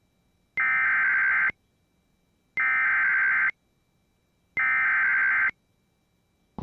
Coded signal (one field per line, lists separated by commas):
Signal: Emergency Alert System (SAME) tones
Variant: header bursts